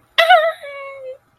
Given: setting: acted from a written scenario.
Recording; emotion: vocal sound without words; triumph